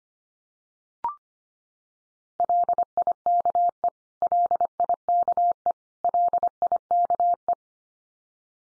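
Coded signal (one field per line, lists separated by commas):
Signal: Morse code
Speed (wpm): 25 wpm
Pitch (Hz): 700 Hz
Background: none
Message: LIKE LIKE LIKE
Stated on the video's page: Morse code practice of the 100 most common English words at 25 wpm, each word sent three times, then spoken, then sent again.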